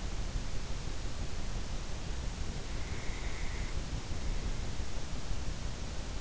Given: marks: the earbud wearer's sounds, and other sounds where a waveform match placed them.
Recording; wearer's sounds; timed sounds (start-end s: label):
sounds in sleep by an in-ear microphone; breath
2.77-4.28 s: breath